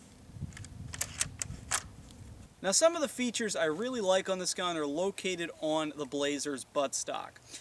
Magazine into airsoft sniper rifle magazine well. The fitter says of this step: but otherwise it slips right in and clicks into place